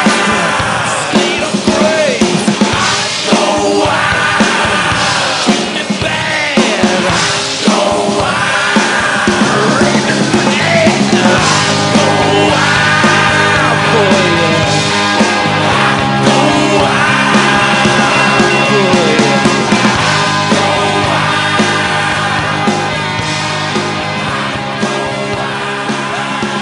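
A loud, dense rock song plays without pause, a male singer shouting and wailing over driving guitars, bass and drums that fill the whole mix.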